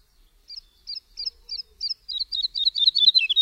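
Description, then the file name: Woodlark song: a string of soft, liquid high notes that starts slowly, then speeds up and runs into a rapid, slightly falling trill. "LERKA"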